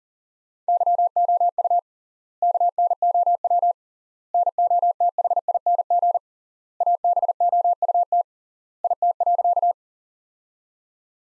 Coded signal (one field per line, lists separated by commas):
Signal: Morse code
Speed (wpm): 37 wpm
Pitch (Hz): 700 Hz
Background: none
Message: YOU KNOW NOTHING ABOUT IT.